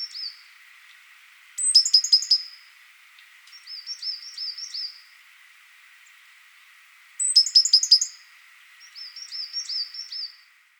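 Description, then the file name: Great tit calls: loud bursts of rapid sharp chirps, each followed by a softer tinkling phrase, with quiet gaps between. "Parus major"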